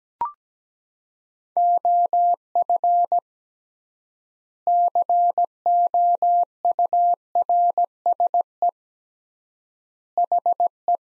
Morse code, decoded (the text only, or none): OF COURSE HE